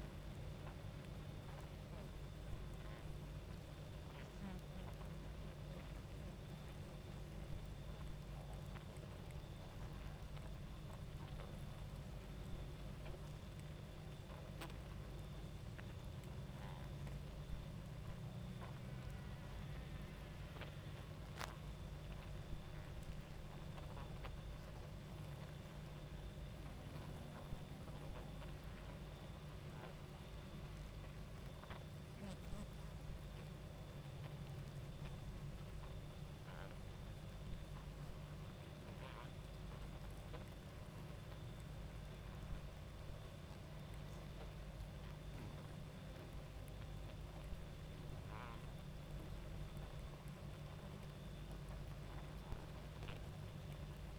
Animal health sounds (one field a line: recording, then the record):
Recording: honeybee colony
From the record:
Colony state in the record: active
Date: 28 July 2017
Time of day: 22:10